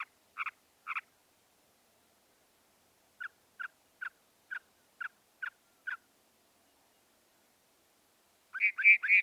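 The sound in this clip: Northern mockingbird song: a few short doubled notes, a pause, a steady series of seven short clipped notes, then a louder burst of notes at the end.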